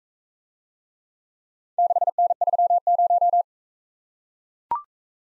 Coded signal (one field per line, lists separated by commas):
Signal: Morse code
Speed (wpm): 44 wpm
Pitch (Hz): 700 Hz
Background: none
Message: 6N30